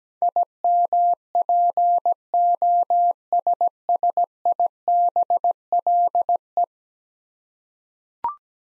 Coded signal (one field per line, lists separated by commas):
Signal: Morse code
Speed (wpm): 17 wpm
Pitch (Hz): 700 Hz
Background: none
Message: IMPOSSIBLE